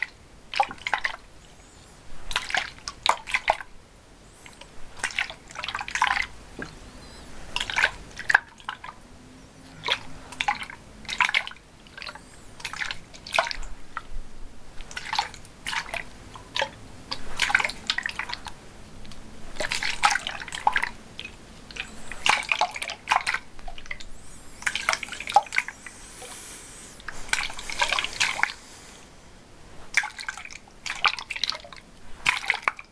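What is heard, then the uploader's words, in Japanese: Water sounds: irregular drips and small splashes fall one after another, sometimes in quick clusters, sometimes with short gaps. The drops sound bright. A brief hissy stretch around the 25-second mark adds a trickling wash. 水の音。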